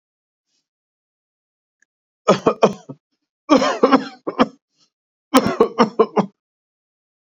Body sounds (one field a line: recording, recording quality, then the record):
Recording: heavy voluntary cough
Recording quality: excellent, no background noise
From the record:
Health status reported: exposed to COVID-19, no respiratory illness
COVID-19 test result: not tested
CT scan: not taken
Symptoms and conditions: cold, fatigue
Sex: male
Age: 51 years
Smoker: no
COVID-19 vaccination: both doses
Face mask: worn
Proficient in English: yes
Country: India